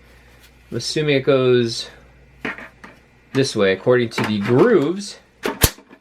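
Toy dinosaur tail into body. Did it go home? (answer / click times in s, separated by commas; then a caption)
yes / 5.6 s. Someone talks while lining up the plastic tail of a large 28-inch Jurassic World Legacy Collection Brachiosaurus toy with the grooves and pushing it into the body. A sharp click at 5.6 s marks the tail seating into place.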